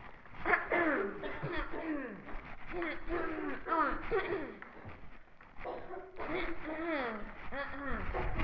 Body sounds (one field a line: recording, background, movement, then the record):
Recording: throat clearing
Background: a bystander coughing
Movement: walking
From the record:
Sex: female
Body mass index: 18.3 kg/m2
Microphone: on the chest, facing the body